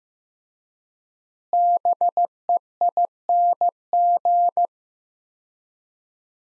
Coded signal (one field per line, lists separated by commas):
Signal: Morse code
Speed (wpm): 16 wpm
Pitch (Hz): 700 Hz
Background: none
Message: BEING